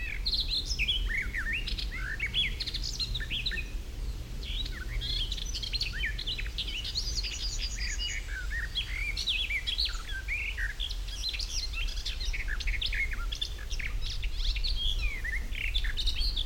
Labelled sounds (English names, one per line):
Garden Warbler